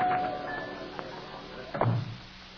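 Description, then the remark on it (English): A dressing-room door creaks and clicks open, followed moments later by a heavier thud as it swings shut, with a faint whine and low background hum throughout. “Here, right through this door, Mr.”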